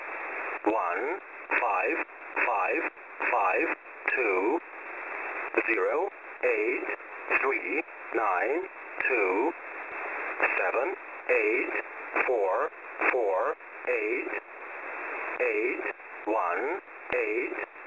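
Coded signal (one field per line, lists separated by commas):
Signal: numbers station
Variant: English Man, English voice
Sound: a voice reading short words at a steady pace over band-limited radio hiss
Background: radio static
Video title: "English Man" number station at 14472 kHz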